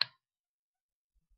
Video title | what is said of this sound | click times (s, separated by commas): Waterman Harmonie Review | Clicks in place really securely | 0.0 s